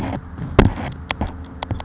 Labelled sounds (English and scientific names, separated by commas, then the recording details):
Savannah Sparrow (Passerculus sandwichensis)
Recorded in Sonoma County, California